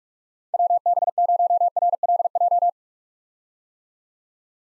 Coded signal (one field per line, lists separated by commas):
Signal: Morse code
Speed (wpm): 42 wpm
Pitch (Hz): 700 Hz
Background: none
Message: WB0RLJ